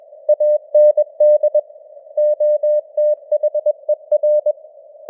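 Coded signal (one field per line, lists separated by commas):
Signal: Morse code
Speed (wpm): 21 wpm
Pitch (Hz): 600 Hz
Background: none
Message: AND OTHER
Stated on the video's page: Morse news headlines at 21 wpm with simulated radio noise and varying signal strength (QSB).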